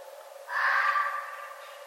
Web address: Red Fox 2011 11 11 Red Fox